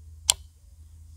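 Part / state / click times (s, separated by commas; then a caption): bolt lever cocking the PCP air rifle action / seated / 0.3 s. The bolt lever of a Beeman 1338 Chief QB PCP air rifle is pulled fully back to the end of its travel, past the loading slot, until the cocking mechanism catches. A single sharp metallic click at 0.3 s marks the action seating in the cocked position, over a steady low hum.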